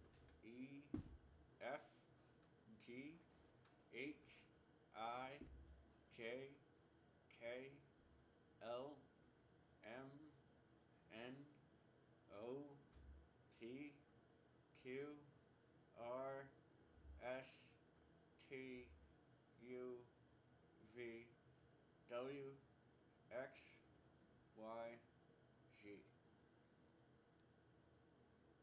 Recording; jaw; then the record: letters of the alphabet, spoken; constrained by a bite bar between the teeth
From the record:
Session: first day, right after the free take